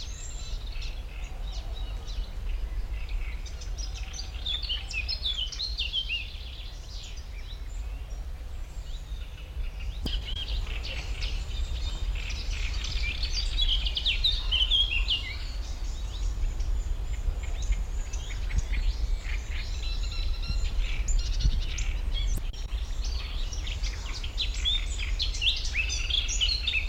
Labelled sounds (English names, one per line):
Eurasian Blackcap